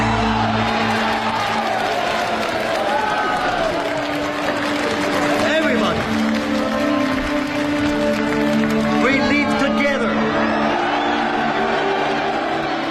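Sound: crowd of workers cheering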